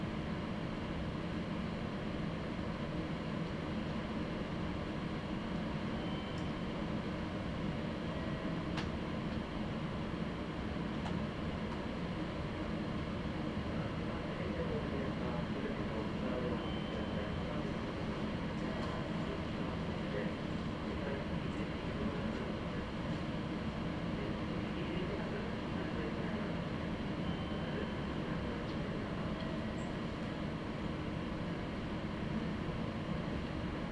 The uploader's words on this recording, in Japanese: 名古屋鉄道 西尾線 吉良吉田→新安城→知立。同じルートを戻って新安城を通り知立まで行きます。行きは普通でしたが帰りは急行ということで、西尾線内で4駅、本線で1駅飛ばしていきますが、神宮前まで急行でそこから普通列車に変わっています。